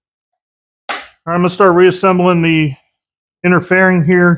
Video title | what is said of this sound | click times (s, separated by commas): 2024 Road Glide Painted Inner Fairing Install | Just snaps into place. | 0.9 s